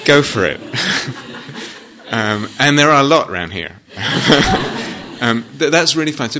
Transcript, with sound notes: Go for it. And there are a lot around here! [laughter] That's really fine.